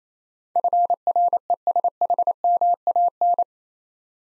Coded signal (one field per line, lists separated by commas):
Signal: Morse code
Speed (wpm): 27 wpm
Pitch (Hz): 700 Hz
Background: none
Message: FRESHMAN